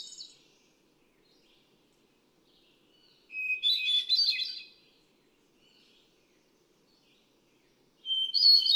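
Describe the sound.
Hermit thrush song: two phrases several seconds apart, each a clear opening whistle breaking into a swirling flurry of high, fluty notes.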